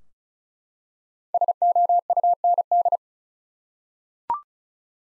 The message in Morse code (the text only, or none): SOUND